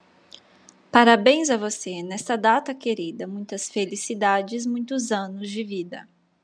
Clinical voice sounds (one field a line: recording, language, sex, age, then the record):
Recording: short text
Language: Brazilian Portuguese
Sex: female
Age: 30 to 39 years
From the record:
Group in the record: control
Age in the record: 30 years